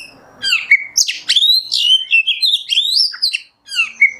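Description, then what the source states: Oriental magpie-robin pouring out a continuous, varied phrase of slurred whistles, buzzy notes and chips, ending after a brief silence with a short final phrase. Kacer song in the 'nembak' style, used as masteran tutoring.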